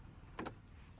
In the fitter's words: you can see that there is like metal footrest actually, which feels chunky and kind of clicks into place.